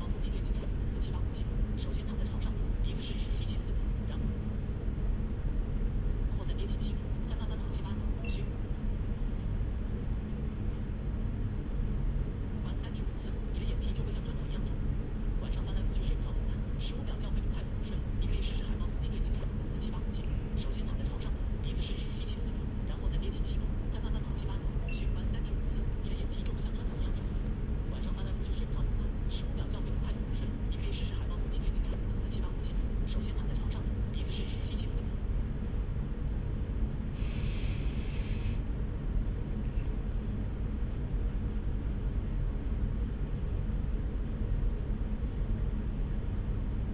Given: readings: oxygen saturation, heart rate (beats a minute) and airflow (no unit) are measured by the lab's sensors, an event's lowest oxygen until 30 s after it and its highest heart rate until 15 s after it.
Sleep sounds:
a person awake in a sleep study, by a smartphone at the bedside; none
0.00-46.94 s: awake
From the record:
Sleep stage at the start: awake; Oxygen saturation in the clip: 94 to 95%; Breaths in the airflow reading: 10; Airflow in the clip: -3.4 to 6.1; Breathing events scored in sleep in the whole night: 335 in 6.7 hours asleep

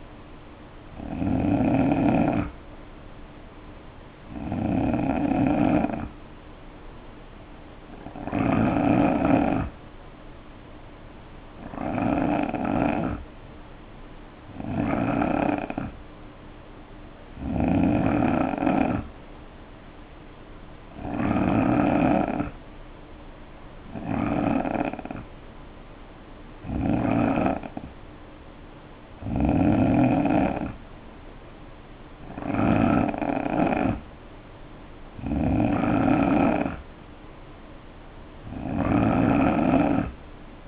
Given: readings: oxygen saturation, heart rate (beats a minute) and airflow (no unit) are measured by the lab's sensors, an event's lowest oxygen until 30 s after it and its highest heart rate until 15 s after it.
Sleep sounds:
breathing in sleep by a voice recorder at the bedside; 1
8.00-23.40 s: hypopnea (N2, oxygen 92% highest, then 88% lowest, heart rate 66 at the start, 66 highest)
13.00-40.68 s: new sleep stage, N3 (deep sleep)
From the record:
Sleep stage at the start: N2 (light sleep); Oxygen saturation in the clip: 88 to 92%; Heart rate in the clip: 61 to 66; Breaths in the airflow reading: 14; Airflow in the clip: -4.6 to 3.1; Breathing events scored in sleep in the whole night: 520 in 7.2 hours asleep

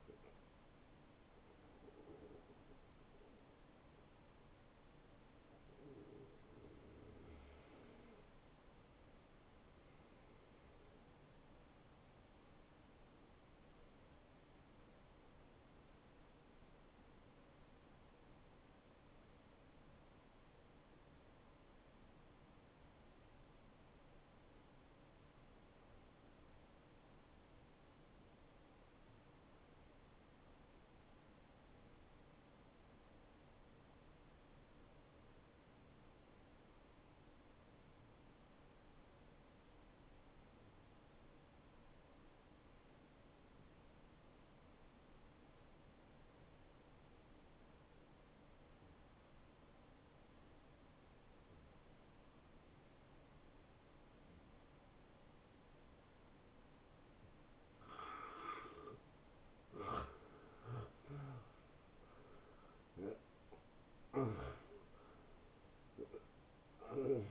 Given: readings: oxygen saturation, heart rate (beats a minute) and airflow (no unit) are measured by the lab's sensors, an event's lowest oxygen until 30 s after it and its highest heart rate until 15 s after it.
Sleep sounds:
breathing in sleep by a voice recorder at the bedside; 1
17.00-58.50 s: hypopnea (N1, oxygen 96% highest, then 82% lowest, heart rate 75 at the start, 82 highest)
26.00-56.00 s: new sleep stage, N2 (light sleep)
56.00-67.31 s: new sleep stage, N1 (lightest sleep)
From the record:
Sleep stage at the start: N1 (lightest sleep); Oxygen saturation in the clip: 82 to 96%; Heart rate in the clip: 52 to 83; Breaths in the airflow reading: 9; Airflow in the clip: -15.9 to 9.5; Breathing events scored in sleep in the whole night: 263 in 5.5 hours asleep

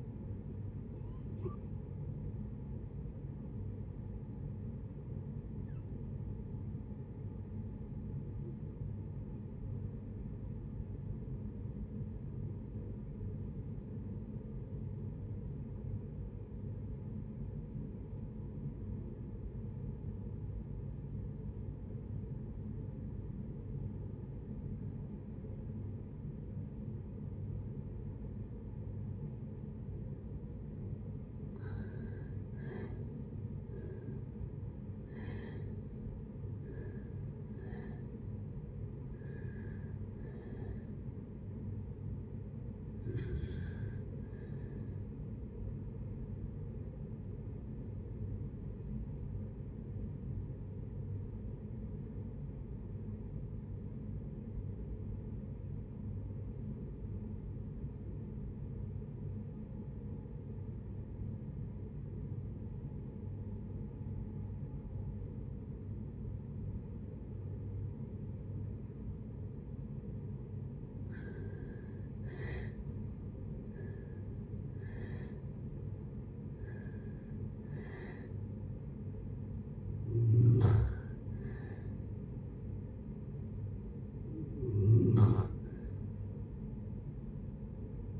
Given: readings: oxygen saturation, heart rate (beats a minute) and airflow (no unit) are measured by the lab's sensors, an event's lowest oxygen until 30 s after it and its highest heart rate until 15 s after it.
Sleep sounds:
breathing in sleep by a smartphone at the bedside; 2
6.00-30.10 s: obstructive apnea (REM, oxygen 95% highest, then 66% lowest, heart rate 73 at the start, 81 highest)
54.00-73.10 s: obstructive apnea (REM, oxygen 92% highest, then 76% lowest, heart rate 67 at the start, 75 highest)
From the record:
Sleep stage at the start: REM sleep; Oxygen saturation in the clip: 66 to 95%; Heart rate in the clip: 58 to 81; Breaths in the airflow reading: 13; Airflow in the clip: -8.8 to 7.7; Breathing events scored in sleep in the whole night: 496 in 5.4 hours asleep

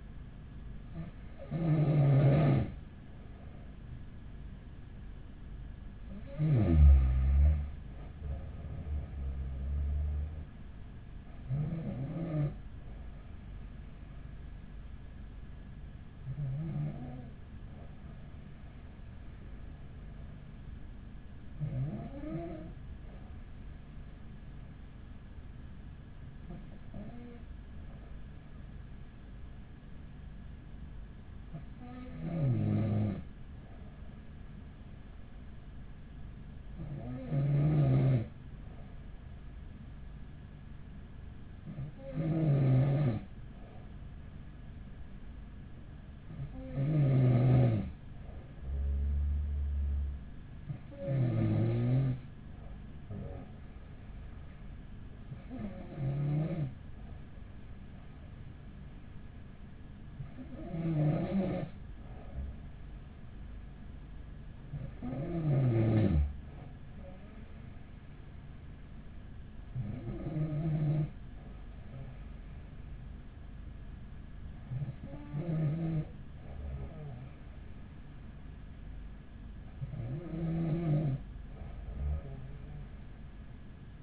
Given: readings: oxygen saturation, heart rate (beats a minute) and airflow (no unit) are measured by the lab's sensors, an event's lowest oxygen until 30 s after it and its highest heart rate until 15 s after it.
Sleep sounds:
breathing in sleep by a smartphone at the bedside; none
none scored
From the record:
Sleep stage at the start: N2 (light sleep); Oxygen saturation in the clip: 94 to 95%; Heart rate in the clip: 42 to 45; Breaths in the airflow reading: 17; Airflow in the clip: -6.9 to 9.1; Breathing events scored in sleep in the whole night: 207 in 7.6 hours asleep

